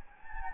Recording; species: mosquito wingbeat signal from an infrared sensor; Anopheles gambiae